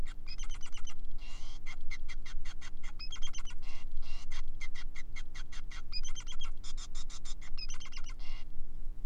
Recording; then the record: song of a male Bengalese finch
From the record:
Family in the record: son of father 5